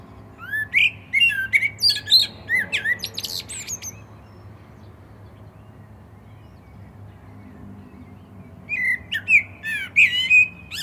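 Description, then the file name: Common blackbird song: a mellow whistled warble mixed with thin high twitters, a pause of several seconds, then another similar phrase. "Turdus merula"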